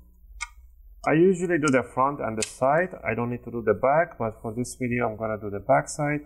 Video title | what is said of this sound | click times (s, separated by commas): How to upgrade SSD HDD on Acer Aspire 5 A514-54-356A 💿 | you want to hear those click sounds that's what you want to hear those are the clips are getting loose | 0.4 s